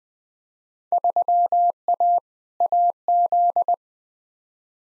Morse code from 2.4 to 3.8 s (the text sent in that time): AZ